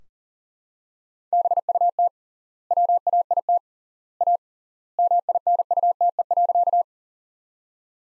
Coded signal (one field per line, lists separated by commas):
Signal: Morse code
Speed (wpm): 37 wpm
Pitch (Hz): 700 Hz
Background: none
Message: BUT WAIT A MINUTE.